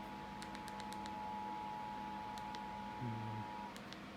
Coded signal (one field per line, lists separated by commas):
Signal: Emergency Alert System (SAME) tones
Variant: 853 and 960 Hz attention tone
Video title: EAS Alert #37-38 - Child Abduction Emergency on Comcast and WATC-DT [9/11/20]